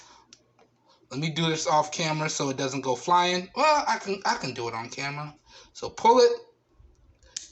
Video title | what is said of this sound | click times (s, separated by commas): Xiaomi Mi Band 4 Replacement Bands Unboxing & First Impressions | stretches around and you see it clicks into place | 7.4 s